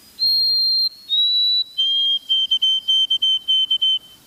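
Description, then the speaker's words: White-throated Sparrow song: two long pure whistled notes stepping down slightly, then a lower whistled series of short repeated notes on one pitch, clear and steady. Song whose tune birders remember as 'Old Sam Peabody, Peabody, Peabody'; described as a melancholy whistle. "Some birders remember the syllables of the tune as Old Sam Peabody, Peabody, Peabody."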